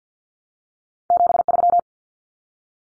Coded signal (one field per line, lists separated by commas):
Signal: Morse code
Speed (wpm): 50 wpm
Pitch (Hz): 700 Hz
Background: none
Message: 73